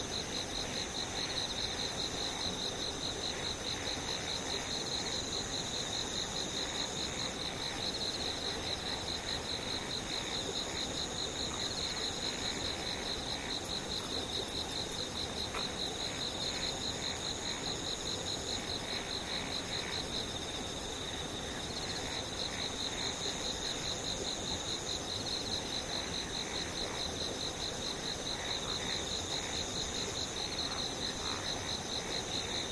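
Insects chirr steadily throughout, with a dense, unbroken high-pitched trill near the top and a second buzzing layer of rapid pulsing chirps somewhat lower. The chorus holds an even level for the whole half minute, with faint bright ticks around the middle.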